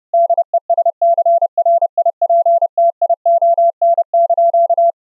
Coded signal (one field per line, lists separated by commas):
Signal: Morse code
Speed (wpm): 30 wpm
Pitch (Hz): 680 Hz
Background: none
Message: DESCRIPTION)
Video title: running the AD5DZ CW KEYER software in an UBUNTU GUEST on Windows 10 Hyper-V, with low latency audio